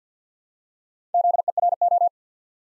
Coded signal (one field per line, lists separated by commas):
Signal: Morse code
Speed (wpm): 48 wpm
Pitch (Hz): 700 Hz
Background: none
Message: ZERO